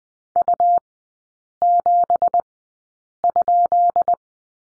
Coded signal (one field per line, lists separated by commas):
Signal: Morse code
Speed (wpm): 20 wpm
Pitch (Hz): 700 Hz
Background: none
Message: U7?